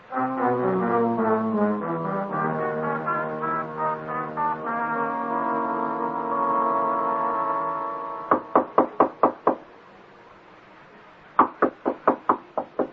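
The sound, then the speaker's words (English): A sustained, swelling tonal passage gives way to a quick burst of five sharp raps on Mr. Morsby's door, a pause, then another run of five firm knocks. No one speaks. “I heard you knock on Mr. Morsby's door, so I thought I'd better tell you he's on holiday in Sussex.”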